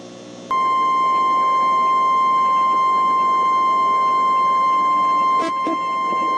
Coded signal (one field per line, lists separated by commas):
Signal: Emergency Alert System (SAME) tones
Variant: 1050 Hz attention tone